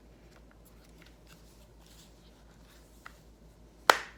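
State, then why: Seated. A reassembled internal part of a DeWalt impact driver's anvil and retainer assembly is pushed back into its housing, with quiet handling rustles and a small tick at 3.1 s. One loud, sharp snap at 3.9 s marks the part seating in a tight, strong fit.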